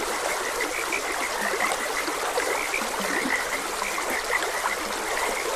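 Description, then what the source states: Several frogs give short repeated croaks and chirps, overlapping irregularly above a continuous babbling stream. Frogs croaking beside a gentle stream.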